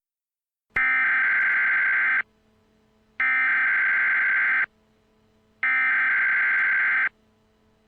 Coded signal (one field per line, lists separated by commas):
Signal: Emergency Alert System (SAME) tones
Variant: header bursts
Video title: EAS Scenario: Tomato Takeover